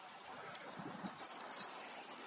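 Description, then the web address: Corn bunting song: a few dry ticking notes quickly speed up into a high, dense jangling rattle lasting about a second, ending abruptly. "ptaki potrzeszcz potrzeszcz"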